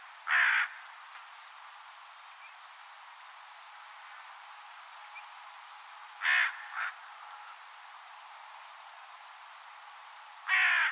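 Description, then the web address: Bird making harsh cawing calls, one at the start, a double note near the middle and another at the end, with long silent gaps between. "Deverinetal 2025 File origin Bird Only"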